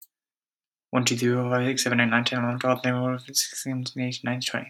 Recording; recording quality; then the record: counting at a fast pace; excellent, no background noise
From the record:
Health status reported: healthy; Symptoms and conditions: asthma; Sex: male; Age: 25 years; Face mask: not worn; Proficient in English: yes